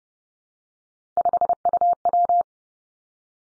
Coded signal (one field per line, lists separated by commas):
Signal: Morse code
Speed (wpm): 30 wpm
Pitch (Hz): 700 Hz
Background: none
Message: 5UW